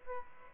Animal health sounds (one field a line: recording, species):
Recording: mosquito wingbeat signal from an infrared sensor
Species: Aedes aegypti